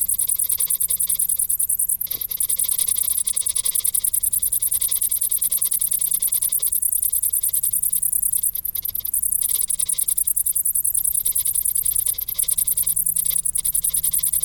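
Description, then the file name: Cricket trilling in high, rapid pulses that dip briefly now and then, over a faint low steady hum. "Grillen"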